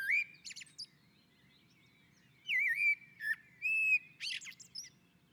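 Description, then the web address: Common blackbird song: mellow fluted whistled phrases, each followed by thin squeaky twittering notes, with quiet pauses between. On a roof. "Naturinspelningar Koltrast på taket"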